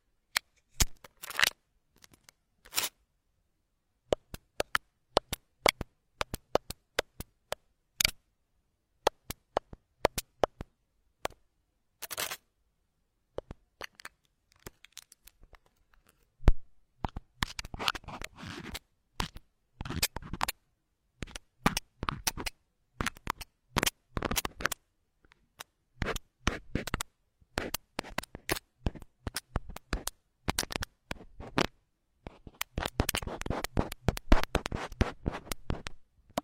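Hair being picked and pulled produces dry scratchy crackles, sparse and irregular at first, growing into dense rapid bursts near the end.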